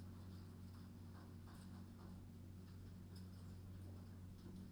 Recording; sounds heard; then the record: poultry house recording; no chicken sound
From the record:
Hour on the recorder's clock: 23